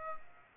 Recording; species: mosquito wingbeat signal from an infrared sensor; Aedes aegypti